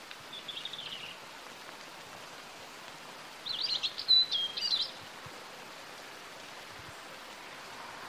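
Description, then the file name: European robin with a soft, thin opening note, then after a pause a louder, high, squeaky warbled phrase, set against a constant hiss like light rain. "Erithacus rubecula"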